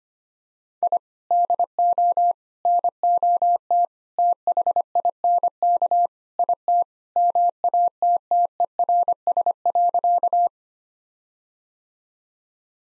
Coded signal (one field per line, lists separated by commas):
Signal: Morse code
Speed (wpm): 25 wpm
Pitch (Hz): 700 Hz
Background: none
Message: I DO NOT THINK IT MATTERS.